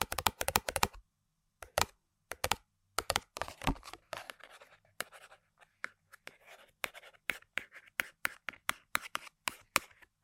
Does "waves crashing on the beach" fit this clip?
no